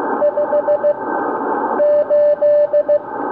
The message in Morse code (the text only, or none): 5 8